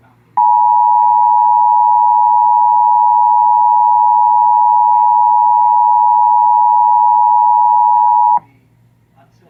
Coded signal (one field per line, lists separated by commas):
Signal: Emergency Alert System (SAME) tones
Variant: 853 and 960 Hz attention tone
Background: speech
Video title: Real EAS Alert #16 (1/22/17)